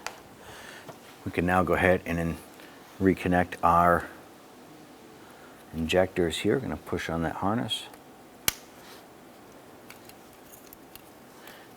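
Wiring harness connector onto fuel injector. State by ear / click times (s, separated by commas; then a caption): seated / 8.5 s. Someone talks, then a plastic wiring harness plug is pushed onto a fuel injector on the fuel rail of a 2007-2012 Nissan Versa. The connector gives a single sharp snap at 8.5 s, followed by a few faint small clicks. The harness connector is seated on the injector.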